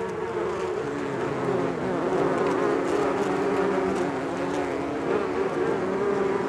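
Dense bee buzzing, an unbroken low-pitched hum.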